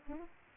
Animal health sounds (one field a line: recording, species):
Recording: mosquito wingbeat signal from an infrared sensor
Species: Aedes aegypti